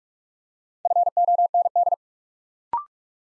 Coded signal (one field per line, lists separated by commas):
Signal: Morse code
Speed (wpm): 44 wpm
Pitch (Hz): 700 Hz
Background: none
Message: FOND